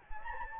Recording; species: mosquito wingbeat signal from an infrared sensor; Anopheles gambiae